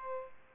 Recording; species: mosquito wingbeat signal from an infrared sensor; Aedes albopictus